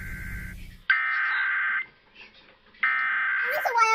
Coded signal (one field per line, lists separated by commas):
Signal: Emergency Alert System (SAME) tones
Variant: header bursts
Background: speech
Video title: January 11, 2021 Child Abduction Emergency On WXN92 [EAS #366]